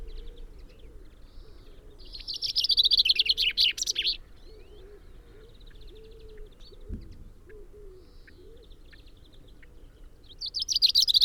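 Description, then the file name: Common chaffinch song: a dense, fast rattling phrase of high notes lasting about two seconds, then another phrase beginning near the end, over soft low notes and background hum. "Fringilla coelebs"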